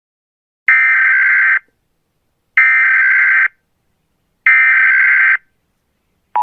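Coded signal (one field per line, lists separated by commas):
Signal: Emergency Alert System (SAME) tones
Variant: header bursts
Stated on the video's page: Fictional EAS scenario presented as playing on mobile devices.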